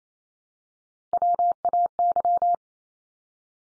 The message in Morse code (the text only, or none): WAY